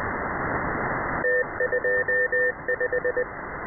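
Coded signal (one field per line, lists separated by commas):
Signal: Morse code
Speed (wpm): 21 wpm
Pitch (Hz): 1800 Hz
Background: radio noise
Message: T25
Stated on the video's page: Scheduled numbers-station message: 3-digit ID, group count, BT separators, and thirty 5-digit groups.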